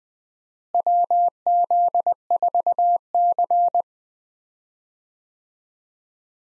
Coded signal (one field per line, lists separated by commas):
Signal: Morse code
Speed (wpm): 20 wpm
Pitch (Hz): 700 Hz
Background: none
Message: WZ4C